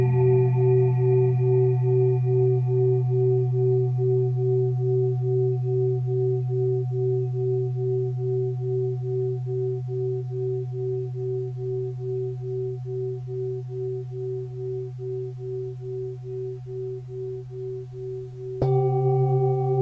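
A singing bowl rings with a low steady hum and a pulsing higher tone that slowly fades, then is struck again near the end.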